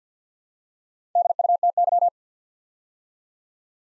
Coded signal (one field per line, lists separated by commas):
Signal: Morse code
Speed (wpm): 50 wpm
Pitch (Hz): 700 Hz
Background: none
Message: DUTY